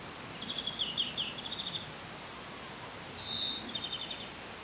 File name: Chloris chloris